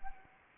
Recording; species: mosquito wingbeat signal from an infrared sensor; Anopheles arabiensis